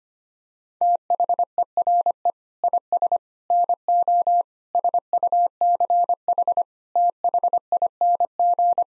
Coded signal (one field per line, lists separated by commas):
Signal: Morse code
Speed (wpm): 25 wpm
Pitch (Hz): 700 Hz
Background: none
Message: THERE IS NO SUCH THING